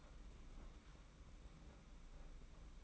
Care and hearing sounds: daily activity, microphone in the room; open fridge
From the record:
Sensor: 1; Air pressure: 991.8 hPa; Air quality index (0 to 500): 205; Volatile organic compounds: 1000 ppm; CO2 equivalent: 7932 ppm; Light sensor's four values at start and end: 29/101/38/39 and 29/101/38/39

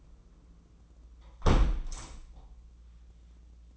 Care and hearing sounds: daily activity, microphone in the room; close window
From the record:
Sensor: 1

